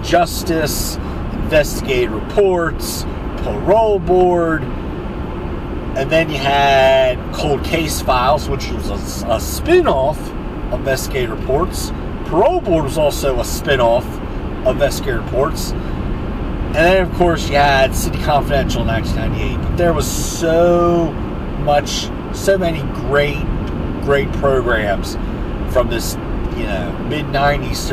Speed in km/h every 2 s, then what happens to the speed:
87, 89, 89, 89, 87, 85, 85, 89, 92, 93, 90, 92, 92, 93.
0-11 steady at about 87. 11-17 speeds up to 93. 17-28 steady at about 92.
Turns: none.